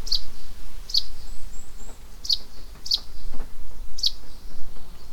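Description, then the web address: Russet sparrow song: bright, abrupt chirps given about once a second, with faint sliding whistles in between. Recorded on 31 May 2015 at Iou-no-sato. "saezuri nyuunaisuzume 20150531 iounosato"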